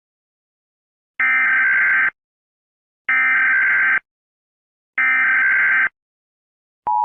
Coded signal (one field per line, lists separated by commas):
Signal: Emergency Alert System (SAME) tones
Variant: header bursts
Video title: The black spiral EAS scenario